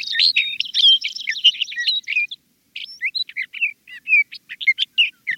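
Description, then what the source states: Sage Thrasher song, a long run of rapid, varied warbled and whistled phrases with a brief pause midway before more spaced, chattering notes. Male proclaiming his territory.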